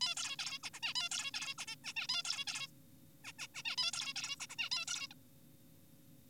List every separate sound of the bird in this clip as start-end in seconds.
0.01-0.14, 0.17-0.37, 0.39-0.59, 0.64-0.70, 0.74-0.80, 0.83-0.94, 0.96-1.09, 1.12-1.32, 1.34-1.54, 1.58-1.65, 1.68-1.76, 1.84-1.93, 1.96-2.07, 2.09-2.22, 2.25-2.45, 2.47-2.67, 3.24-3.32, 3.39-3.47, 3.55-3.63, 3.65-3.76, 3.78-3.91, 3.94-4.14, 4.16-4.36, 4.40-4.46, 4.50-4.56, 4.58-4.70, 4.72-4.85, 4.88-5.08, 5.11-5.14